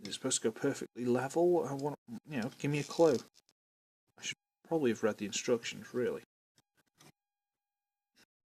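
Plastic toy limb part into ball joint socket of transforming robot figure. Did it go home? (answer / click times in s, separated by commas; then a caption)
no / none. Someone talks while pushing a plastic toy limb part into the ball joint socket of a transforming robot figure, a Transformers Combiner Force Soundwave, with faint soft knocks near 6.6 and 7.0 seconds. Nothing has seated or clicked yet: the part does not lock into place and does not feel solid.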